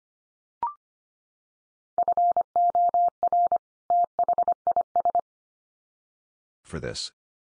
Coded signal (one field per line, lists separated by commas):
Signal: Morse code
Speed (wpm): 25 wpm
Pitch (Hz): 700 Hz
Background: none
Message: FOR THIS